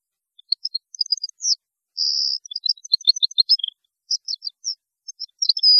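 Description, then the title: European goldfinch song, a lively run of tinkling, liquid notes broken by a couple of buzzy, drawn-out trills; clean background. "Chant Chardonneret"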